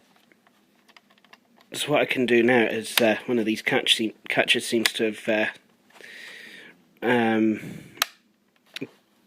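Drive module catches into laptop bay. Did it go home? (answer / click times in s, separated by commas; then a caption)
yes / 8.0 s, 8.8 s. Someone talks while working the plastic catches of a drive module in the bay of a Compaq Armada 7800 laptop, after one of the catches failed to lock. Two sharp snaps ring out at 8.0 s and 8.8 s as the catches lock into place, leaving the drive seated with both catches in and solidly locked.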